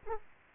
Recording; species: mosquito wingbeat signal from an infrared sensor; Aedes aegypti